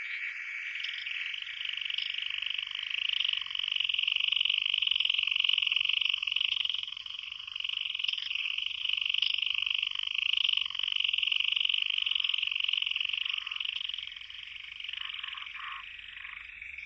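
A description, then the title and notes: Frogs call in a dense, continuous chorus, a bright buzzing trill that rarely breaks. The sound swells to its loudest around the middle and eases slightly toward the end, with a faint low rumble underneath throughout. Frog.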